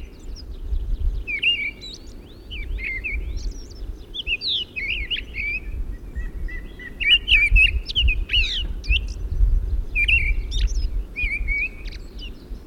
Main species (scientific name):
Turdus viscivorus